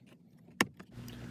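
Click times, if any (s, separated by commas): 0.6 s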